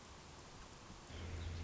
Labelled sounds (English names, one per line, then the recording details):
Nuttall's Woodpecker
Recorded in Sonoma County, California